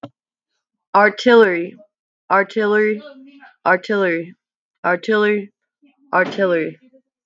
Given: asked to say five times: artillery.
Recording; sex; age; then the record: repeated word; female; 20 to 29 years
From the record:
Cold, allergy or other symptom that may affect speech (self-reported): no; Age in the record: 23 years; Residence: Texas, United States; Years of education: 12